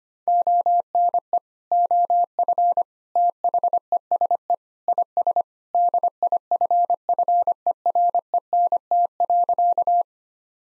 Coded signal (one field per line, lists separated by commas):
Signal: Morse code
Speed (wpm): 25 wpm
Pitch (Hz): 700 Hz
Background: none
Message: ONE OF THESE IS DIFFERENT.